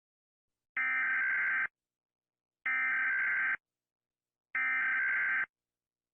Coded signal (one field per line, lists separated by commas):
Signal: Emergency Alert System (SAME) tones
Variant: header bursts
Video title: Rating E.A.S alarms (emergency alert system)